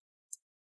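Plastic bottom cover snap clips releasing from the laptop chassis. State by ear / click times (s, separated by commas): released / 0.3 s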